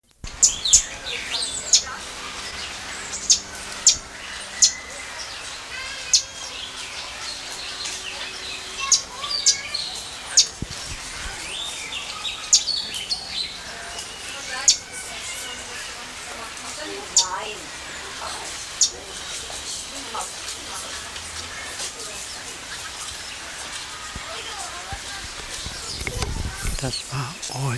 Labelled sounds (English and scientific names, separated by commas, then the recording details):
Southern Red Bishop (Euplectes orix) call
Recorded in captivity
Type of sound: call
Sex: pair
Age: adult
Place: Zoo Berlin, Berlin, DE
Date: 1999-08-23 16:54
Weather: cloudy, ca. 17-18°C
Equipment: Sony WM-D6C, Sennheiser ME 80, Kopie Uher 4000 Report Monitor
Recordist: Tembrock, Günter
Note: Paar: Kurzlaute, Entfernung ca. 3 m